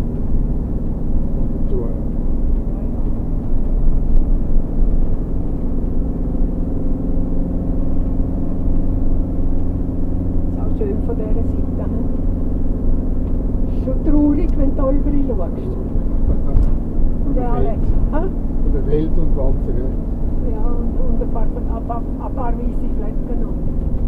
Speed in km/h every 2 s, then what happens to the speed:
42, 44, 44, 46, 46, 46, 46, 44, 44, 44, 44, 42.
0-24 steady at about 44.